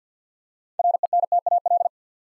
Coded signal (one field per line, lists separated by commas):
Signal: Morse code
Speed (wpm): 50 wpm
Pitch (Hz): 700 Hz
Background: none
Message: RENTAL